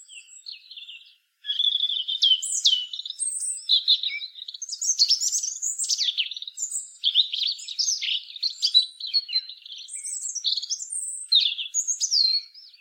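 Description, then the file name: European robin pouring out a long, rapid stream of liquid whistles and twittering notes after a short quiet start. "Erithacus rubecula"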